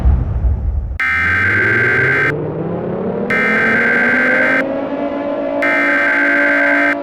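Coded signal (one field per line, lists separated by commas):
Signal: Emergency Alert System (SAME) tones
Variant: header bursts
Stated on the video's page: Fictional EAS scenario that may contain valid EAS tones.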